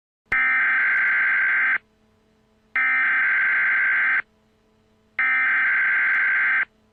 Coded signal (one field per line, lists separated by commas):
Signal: Emergency Alert System (SAME) tones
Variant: header bursts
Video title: EAS - Troll Warning (02/23/2014)